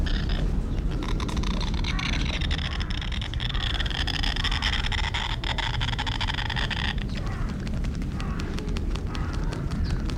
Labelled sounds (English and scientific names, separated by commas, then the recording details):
Rhinoceros Hornbill (Buceros rhinoceros)
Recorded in captivity
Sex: pair
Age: adult
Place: Zoo Berlin, Berlin, DE
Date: 1994-07-16 11:42
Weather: sonnig, 22-26°C
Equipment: Marantz CP 430, Sennheiser ME 80, Kopie Uher Variocord 263
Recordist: Tembrock, Günter